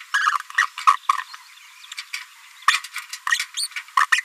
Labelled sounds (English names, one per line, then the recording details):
Green-rumped Parrotlet babbling
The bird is a female
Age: 27 days
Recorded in a nest box in Venezuela
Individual 17B73B2